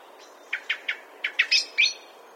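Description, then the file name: Common blackbird calls: several short chips building to louder, higher notes at the end. "Turdus merula"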